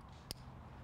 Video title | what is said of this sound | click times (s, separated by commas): Learn To Set Up Oar Board® Adventure Row 16’ SUP Standup Paddle Board Rower Combo Double or Single | you want it flipped over itself up back against the material so actually hear it click | 0.3 s